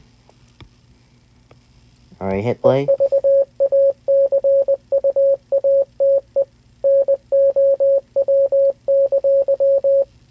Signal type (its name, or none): Morse code